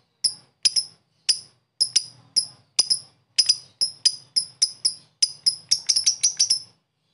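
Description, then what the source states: Lovebird calls, sharp high chips, singly and in pairs, growing quicker toward the end. Lovebird giving long 'ngetik ngekek' chatter; a master recording (masteran) for training other birds.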